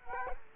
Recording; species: mosquito wingbeat signal from an infrared sensor; Culex quinquefasciatus